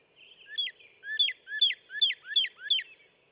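Northern cardinal song: six loud two-part whistles, each a short low note and a sharp downslurred one, in quick succession.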